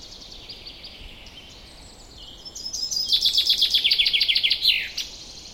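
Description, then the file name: Common chaffinch song: faint twittering at first, then a loud trill that drops in pitch and finishes with a quick flourish. "Fringilla coelebs"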